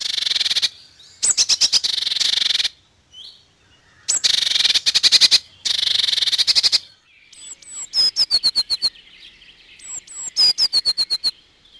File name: DKMMNature-Blue Tit